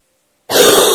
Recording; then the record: coughing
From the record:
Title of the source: 30 Chesty and wet cough